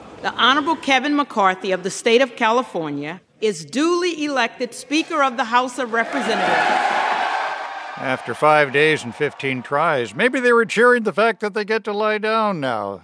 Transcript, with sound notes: The Honorable Kevin McCarthy of the State of California is duly elected speaker of the House of Representatives.
(APPLAUSE) After five days and 15 tries, maybe they were cheering the fact that they get to lie down now.